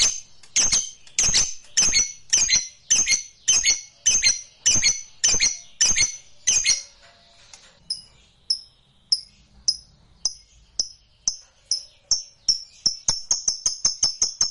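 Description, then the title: Lovebird chirping, harsh high notes repeated about every half second, then a pause and softer, thinner chirps that quicken toward the end. Used to provoke a reluctant lovebird into singing spontaneously. "LOVEBIRD Malas Bunyi JADI GREGET SPONTAN Langsung NARIK"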